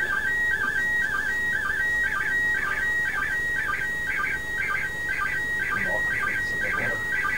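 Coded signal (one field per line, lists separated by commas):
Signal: SSTV (slow-scan television)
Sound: warbling, chirping tone repeating about twice a second, with short low blips between phrases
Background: radio hiss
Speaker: So we're probably going to get 2 pictures out of this.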